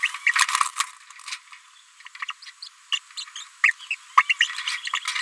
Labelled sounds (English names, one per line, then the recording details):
Green-rumped Parrotlet babbling
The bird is a female
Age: 30 days
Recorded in a nest box in Venezuela
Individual 17B73B2